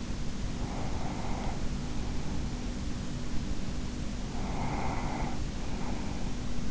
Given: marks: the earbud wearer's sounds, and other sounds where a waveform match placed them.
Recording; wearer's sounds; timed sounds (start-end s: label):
sounds in sleep by an in-ear microphone; breath
0.32-2.68 s: breath
4.10-6.40 s: breath